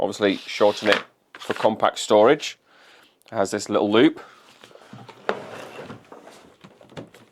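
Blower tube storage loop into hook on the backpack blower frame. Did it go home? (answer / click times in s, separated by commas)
yes / 5.3 s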